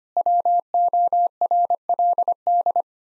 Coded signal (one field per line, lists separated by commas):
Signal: Morse code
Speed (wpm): 25 wpm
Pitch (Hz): 700 Hz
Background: none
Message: WORLD